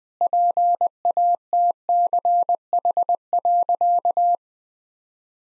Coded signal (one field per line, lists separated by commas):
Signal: Morse code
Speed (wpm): 21 wpm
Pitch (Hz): 700 Hz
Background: none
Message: PATCH.